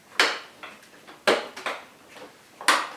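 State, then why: Seated. A plastic tank or filter unit is pushed into one side of the body of a new Vax Floormate Cordless Hard Floor Washer, going in stiffly because the machine is new. Sharp plastic knocks at 0.2 s and 1.3 s and softer rattles around 1.6 s lead to a final loud click at 2.7 s as the unit seats firmly in place.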